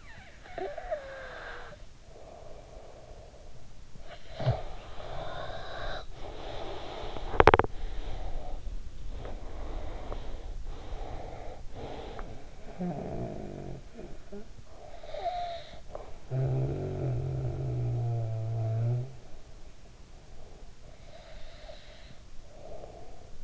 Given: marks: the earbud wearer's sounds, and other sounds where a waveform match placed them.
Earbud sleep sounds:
sounds in sleep by an in-ear microphone; snoring breath, breath, teeth grinding
0.00-3.69 s: snoring breath
3.83-11.71 s: breath
7.26-7.87 s: teeth grinding
11.71-19.29 s: snoring breath
20.47-23.44 s: breath

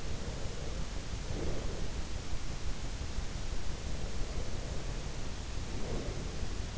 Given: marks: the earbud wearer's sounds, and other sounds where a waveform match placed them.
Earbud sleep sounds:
sounds in sleep by an in-ear microphone; breath
0.00-2.04 s: breath
3.83-6.64 s: breath

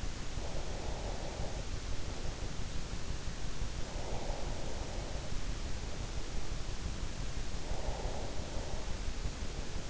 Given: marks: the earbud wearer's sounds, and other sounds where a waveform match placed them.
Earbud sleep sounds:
sounds in sleep by an in-ear microphone; breath
0.00-2.23 s: breath
3.62-5.65 s: breath
7.53-9.34 s: breath

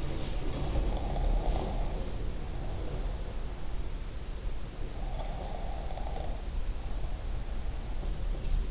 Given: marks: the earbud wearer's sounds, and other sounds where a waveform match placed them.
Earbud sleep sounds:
sounds in sleep by an in-ear microphone; snoring breath
0.00-3.53 s: snoring breath
4.94-8.40 s: snoring breath
5.04-8.71 s: sound from someone else or the room

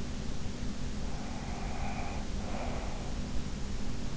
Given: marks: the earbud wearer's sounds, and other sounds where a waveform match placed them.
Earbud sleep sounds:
sounds in sleep by an in-ear microphone; breath
1.22-3.22 s: breath

